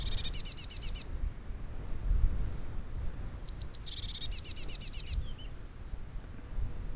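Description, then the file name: Eurasian blue tit uttering a fast trill of high notes, then after a pause three thin high notes leading into another buzzy trill; low background hum throughout. "Cyanistes caeruleus"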